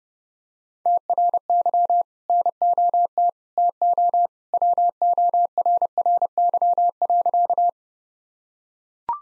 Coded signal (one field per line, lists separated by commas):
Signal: Morse code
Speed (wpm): 29 wpm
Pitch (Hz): 700 Hz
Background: none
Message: TRY NOT TO WORRY.